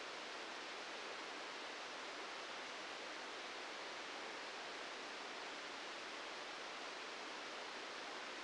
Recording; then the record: brain microelectrode recording played as sound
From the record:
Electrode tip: outside the subthalamic nucleus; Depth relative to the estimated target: 4 mm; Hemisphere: left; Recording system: NeuroSet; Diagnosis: Parkinson's disease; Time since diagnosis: 13 years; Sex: male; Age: 65 years